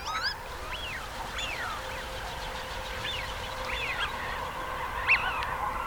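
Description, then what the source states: Eurasian wigeon whistles, thin rising-falling notes spaced irregularly, fairly faint against a steady low hum and background noise. Male.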